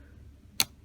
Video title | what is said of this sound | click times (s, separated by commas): Lego Ninjago 71768 Jay's Golden Dragon bike set review | put it on the controls and have that snap in place | 0.6 s